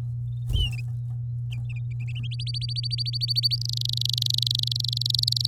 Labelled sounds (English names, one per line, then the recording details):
Domestic Canary song
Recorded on 10 May 2018 at 09:46
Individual llb16